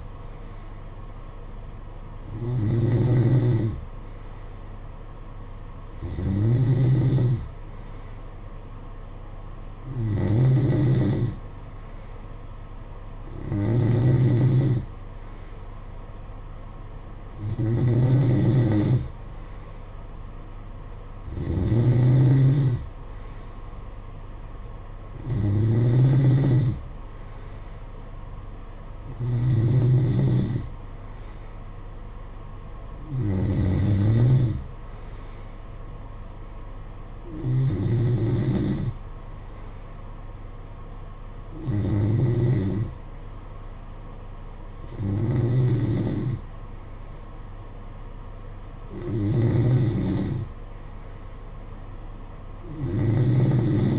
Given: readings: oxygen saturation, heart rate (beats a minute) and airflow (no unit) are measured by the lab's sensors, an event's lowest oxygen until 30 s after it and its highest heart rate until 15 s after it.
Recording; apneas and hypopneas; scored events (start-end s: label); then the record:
breathing in sleep by a smartphone at the bedside; none
none scored
From the record:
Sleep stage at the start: N3 (deep sleep); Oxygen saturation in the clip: 92 to 93%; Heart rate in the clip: 55 to 60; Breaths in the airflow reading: 13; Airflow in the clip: -8.8 to 7.6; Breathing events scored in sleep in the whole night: 476 in 9.7 hours asleep